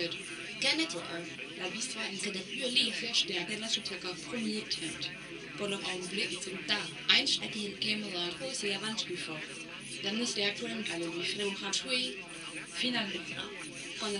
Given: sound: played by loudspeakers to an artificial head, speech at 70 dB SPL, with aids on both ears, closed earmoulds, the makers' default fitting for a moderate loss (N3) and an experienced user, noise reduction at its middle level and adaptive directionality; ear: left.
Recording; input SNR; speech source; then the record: speech test signal (ISTS) in cocktail-party noise; +6 dB; on the right (90 degrees)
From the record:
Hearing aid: class 2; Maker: B